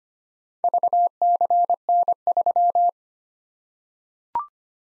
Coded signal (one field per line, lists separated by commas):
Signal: Morse code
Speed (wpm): 25 wpm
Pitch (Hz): 700 Hz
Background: none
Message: VCN3